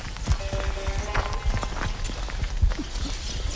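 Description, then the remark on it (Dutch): Footsteps walking toward concrete-block sheds where buffalo stand, over dried mud with scattered straw, at a steady, slightly uneven pace, each step a short scuffing thud over a low rumbling background, with a faint brief tone early on. “En ja, daar lopen we nu ook even naartoe.”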